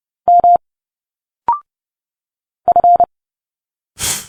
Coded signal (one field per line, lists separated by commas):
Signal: Morse code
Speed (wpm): 30 wpm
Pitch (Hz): 700 Hz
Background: none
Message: M F